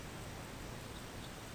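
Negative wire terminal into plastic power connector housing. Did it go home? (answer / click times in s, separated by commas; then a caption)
no / none. The negative wire's soldered crimp terminal is handled at the plastic power connector housing during an AEM UEGO wideband gauge install on a C7 Corvette. Only a steady, broadband hiss is heard, with no distinct transients. Nothing has seated or clicked yet.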